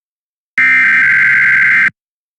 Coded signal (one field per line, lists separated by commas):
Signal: Emergency Alert System (SAME) tones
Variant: header bursts